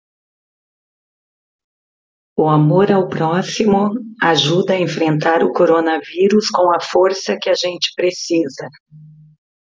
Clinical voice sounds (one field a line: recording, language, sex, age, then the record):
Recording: spoken sentence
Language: Brazilian Portuguese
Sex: female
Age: 50 to 59 years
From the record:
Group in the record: control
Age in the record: 55 years